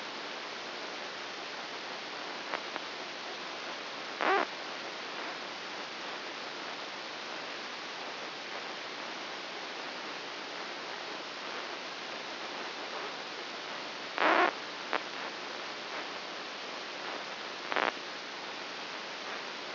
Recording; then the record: brain microelectrode recording played as sound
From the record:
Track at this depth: inside the subthalamic nucleus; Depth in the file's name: 2.404 mm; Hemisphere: right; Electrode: 2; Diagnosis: Parkinson's disease